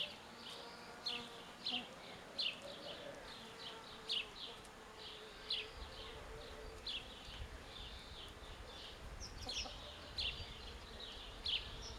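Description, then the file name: House sparrow chirping, many short bright notes repeated at irregular intervals. "Passer domesticus"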